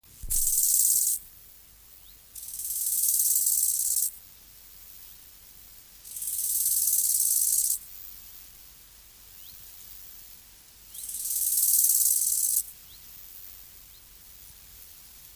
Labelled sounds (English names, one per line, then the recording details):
Bow-winged Grasshopper stridulation
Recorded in the wild
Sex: male
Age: imago
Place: Mühlenbecker Wald, Brandenburg, DE
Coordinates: 52.6833, 13.3833
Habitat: pine stand
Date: 1983-08-21 11:23
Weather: sunny, 26°C, gusty easterly winds
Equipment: Nagra SN (Automatic), Sennheiser MKH 416 T, Kopie Uher 4000 Report Monitor
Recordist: Tembrock, Günter